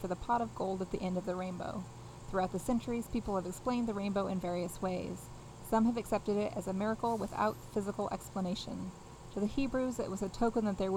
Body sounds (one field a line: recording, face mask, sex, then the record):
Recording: reading aloud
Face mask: none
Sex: female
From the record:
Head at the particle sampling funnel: facing it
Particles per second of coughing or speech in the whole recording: 0.717